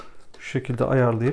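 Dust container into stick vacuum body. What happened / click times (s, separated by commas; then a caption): The plastic container is being lined up, not yet seated / none. Someone talks while lining up the plastic dust container of an Altus AL 616 2-in-1 cordless stick vacuum by its direction arrow to seat it into the vacuum body, since the wrong orientation does not seat fully. Nothing has seated or clicked yet in this clip.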